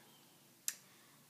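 The lid clasp of a plastic Chanel Vitalumiere Aqua cream foundation compact is opened, releasing with a single sharp, bright click at 0.7 s over a quiet background. The latch appears to have already been open, which is judged a flaw in the packaging.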